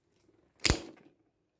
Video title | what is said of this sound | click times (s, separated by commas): 4 Tips to make a fast LEGO RC car/Adapter rc motor to LEGO axle. | you hear the click look | 0.7 s